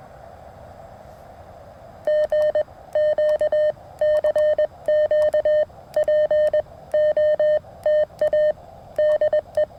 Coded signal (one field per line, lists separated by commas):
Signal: Morse code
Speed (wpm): 21 wpm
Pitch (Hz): 610 Hz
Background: none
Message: G Q CQ POTA DE